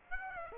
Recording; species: mosquito wingbeat signal from an infrared sensor; Aedes aegypti